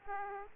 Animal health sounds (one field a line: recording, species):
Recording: mosquito wingbeat signal from an infrared sensor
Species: Aedes aegypti